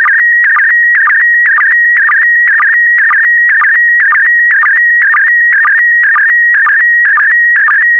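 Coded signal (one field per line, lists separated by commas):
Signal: SSTV (slow-scan television)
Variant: PD120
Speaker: get ready starting transmission in 5 4 3 2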